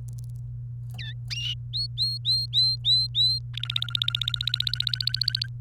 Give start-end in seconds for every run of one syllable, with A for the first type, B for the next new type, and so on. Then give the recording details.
1.74-3.39 A, 3.54-5.47 B. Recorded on 28 April 2018 at 15:16. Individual llb3